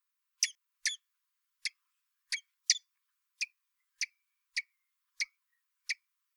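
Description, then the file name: Common blackbird repeating crisp, metallic ticking calls at roughly half-second to one-second intervals, about ten notes in all. "Turdus merula"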